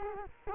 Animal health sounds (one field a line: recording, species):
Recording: mosquito wingbeat signal from an infrared sensor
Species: Culex quinquefasciatus